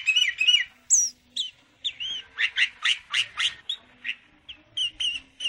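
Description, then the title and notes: Sooty-headed bulbul song: varied, squawky and whistled notes, some sharply rising, given in an uneven series with short gaps between them. Bird described with the Indonesian term gacor, meaning in full, vigorous song. "kutilang gacor"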